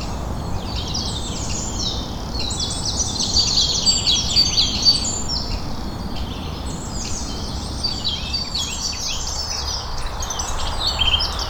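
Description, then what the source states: Birdsong chorus of many overlapping high twitters and whistles, with a brief louder run of sharp repeated notes in the middle, set against continuous low background noise. Birdsong recorded on Cadbury Hill.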